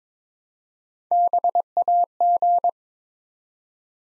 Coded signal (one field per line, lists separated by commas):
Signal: Morse code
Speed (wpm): 22 wpm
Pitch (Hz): 700 Hz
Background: none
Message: BAG